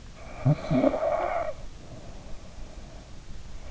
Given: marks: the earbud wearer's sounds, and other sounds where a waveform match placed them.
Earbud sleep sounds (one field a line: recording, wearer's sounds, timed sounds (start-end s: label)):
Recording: sounds in sleep by an in-ear microphone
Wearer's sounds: snoring breath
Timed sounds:
0.18-3.19 s: snoring breath